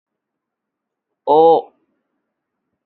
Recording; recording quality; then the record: sustained vowel as in boot; excellent, no background noise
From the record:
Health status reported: respiratory illness, not identified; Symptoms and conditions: asthma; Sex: male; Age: 23 years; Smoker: not ticked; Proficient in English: yes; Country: India